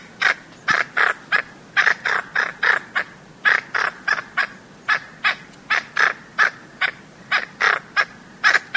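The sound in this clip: Blue-banded toucanet calling: loud, grating croaks repeated rapidly and almost continuously, with no other sounds standing out.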